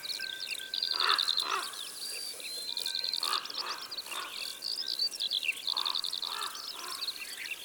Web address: Grand corbeau. abc de la nature